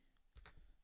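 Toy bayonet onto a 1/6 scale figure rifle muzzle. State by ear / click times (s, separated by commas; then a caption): not seated / none. A small plastic bayonet is pressed with a little pressure onto the muzzle of a 1/6 scale toy Gewehr 98 rifle, making soft, low rubbing and tapping sounds between about 0.4 and 0.6 seconds, with a brief sharper tap near 0.5 seconds. The bayonet does not snap on and slides off, so nothing seats or clicks.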